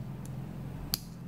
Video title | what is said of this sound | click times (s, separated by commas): Easily Install A SIM Card And Memory Card On The DZ09 Smartwatch | hear a snap then after you push down the simply lift up all right as | 0.9 s